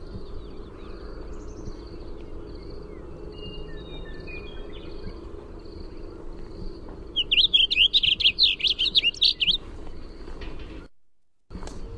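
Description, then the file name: Warbling vireo delivers one fast warbling phrase of looping, slurred notes about two seconds long after several quiet seconds of faint, scattered high chips and hiss. "WAVI song"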